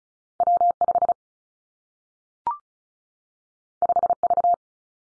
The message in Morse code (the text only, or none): W 5 5 V